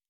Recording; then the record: hydrophone in a shrimp aquaculture tank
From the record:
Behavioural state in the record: normal